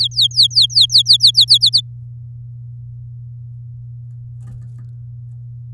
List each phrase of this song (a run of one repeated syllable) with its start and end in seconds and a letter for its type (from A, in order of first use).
0.00-1.58 A, 1.61-1.81 B